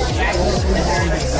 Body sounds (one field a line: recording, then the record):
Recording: background sound without coughing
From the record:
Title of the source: Nightlife Party Simulating Party Club Noise 1 Hour